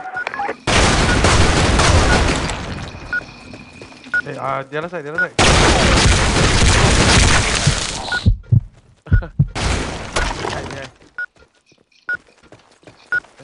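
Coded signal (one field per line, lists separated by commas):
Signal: none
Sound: game's bomb beeps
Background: speech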